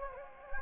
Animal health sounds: mosquito wingbeat signal from an infrared sensor; Anopheles gambiae

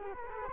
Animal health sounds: mosquito wingbeat signal from an infrared sensor; Culex quinquefasciatus

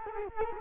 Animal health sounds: mosquito wingbeat signal from an infrared sensor; Culex quinquefasciatus

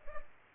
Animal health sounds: mosquito wingbeat signal from an infrared sensor; Culex pipiens

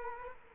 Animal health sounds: mosquito wingbeat signal from an infrared sensor; Culex quinquefasciatus

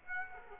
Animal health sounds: mosquito wingbeat signal from an infrared sensor; Aedes aegypti

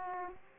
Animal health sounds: mosquito wingbeat signal from an infrared sensor; Aedes aegypti

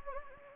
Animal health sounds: mosquito wingbeat signal from an infrared sensor; Anopheles gambiae

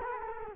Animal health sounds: mosquito wingbeat signal from an infrared sensor; Culex quinquefasciatus

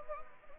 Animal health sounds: mosquito wingbeat signal from an infrared sensor; Anopheles arabiensis

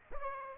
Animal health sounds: mosquito wingbeat signal from an infrared sensor; Aedes aegypti

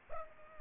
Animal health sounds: mosquito wingbeat signal from an infrared sensor; Culex pipiens

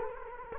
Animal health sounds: mosquito wingbeat signal from an infrared sensor; Culex quinquefasciatus

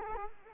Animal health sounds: mosquito wingbeat signal from an infrared sensor; Culex quinquefasciatus

